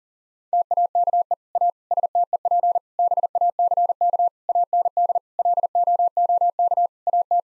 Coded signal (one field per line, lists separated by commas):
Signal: Morse code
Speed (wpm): 40 wpm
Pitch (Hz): 700 Hz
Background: none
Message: TAKE A STEP BACK AND LOOK AT